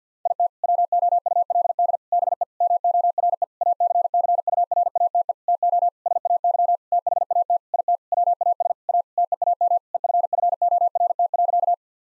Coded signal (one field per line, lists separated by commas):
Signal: Morse code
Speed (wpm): 50 wpm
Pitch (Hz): 700 Hz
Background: none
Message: IT WOULD BE MORE ACCURATE TO SAY THAT IT WAS A TEAM EFFORT.